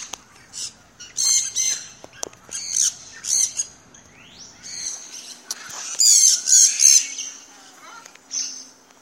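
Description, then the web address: Parrot squawking in harsh, grating bursts, repeated irregularly throughout, with a louder cluster of screeches toward the end. "The Bird Sanctuary. parrots"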